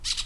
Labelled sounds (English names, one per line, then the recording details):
Brown-throated Parakeet contact call
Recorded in Venezuela
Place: Cerro Saroche, Hato Dalmatela, Edo. Lara
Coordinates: 10.149, -69.534